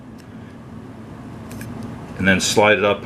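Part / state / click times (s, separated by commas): plastic shelf support sleeve on a wire shelving post / not seated / none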